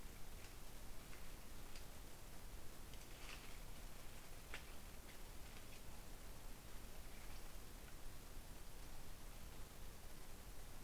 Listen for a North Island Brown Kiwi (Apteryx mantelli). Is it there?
no